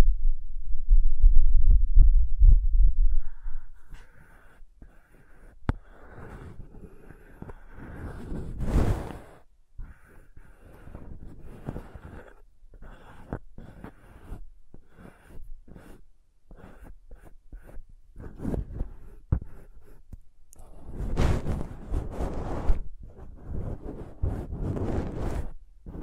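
Crayons tap, scrape and rub across paper in irregular bursts, with sharp ticks scattered throughout. A heavy low thumping rumble fills the first three seconds, a loud scratchy stroke comes near nine seconds, and dense rough scribbling returns around 18 and 21–25 seconds.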